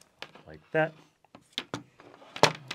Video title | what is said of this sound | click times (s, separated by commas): PV Connector Crimping 101 - Wire Terminal Basics - Ep: 7/14 | Click into place like | 0.2 s